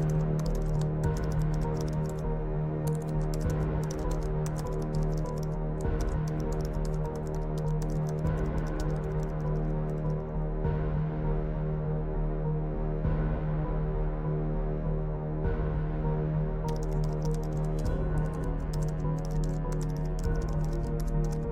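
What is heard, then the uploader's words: A hacker room ambience: a steady, low electronic drone hums throughout, layered with sustained tones that never change in loudness. Bursts of quick, crisp keyboard typing come and go, clattering for several seconds at a time, pausing briefly mid-clip before resuming near the end. Hacker room ambience | cyber crime | computer hacking | Mysterious suspense vibes.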